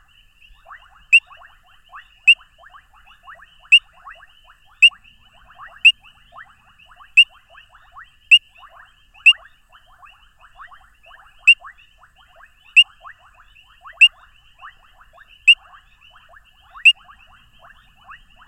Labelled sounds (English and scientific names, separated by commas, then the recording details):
Painted Reed Frog (Hyperolius marmoratus) call
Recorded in the wild
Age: adult
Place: Hoedspruit, Marepe Lodge, ZA
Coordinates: -24.45, 30.84
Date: 1995-02-13 20:11
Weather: 28°C
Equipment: Sony TCD-D3, Sennheiser ME 80, K 30 AV
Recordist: Fischer, Werner